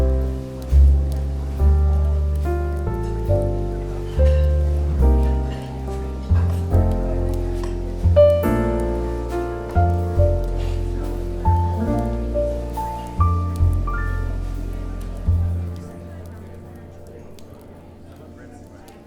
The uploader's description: Coffee Shop Bookstore Ambience with Relaxing Smooth Jazz Music and Crackling Fireplace